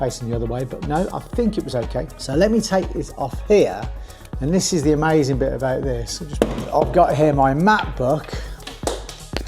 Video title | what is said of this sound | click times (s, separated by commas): Testing The Dji Mic Mini: Is It Worth The Hype? @dji | okay it should you hear that click dicks up a little bit but yeah | 9.4 s